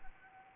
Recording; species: mosquito wingbeat signal from an infrared sensor; Anopheles arabiensis